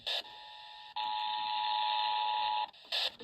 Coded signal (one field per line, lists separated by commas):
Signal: Emergency Alert System (SAME) tones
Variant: 853 and 960 Hz attention tone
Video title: September 2023 Texas Required Monthly Test (EAS #457-465)